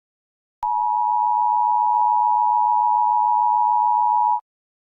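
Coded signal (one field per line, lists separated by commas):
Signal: Emergency Alert System (SAME) tones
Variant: 853 and 960 Hz attention tone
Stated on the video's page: Fictional EAS alarm for a Jurassic World scenario.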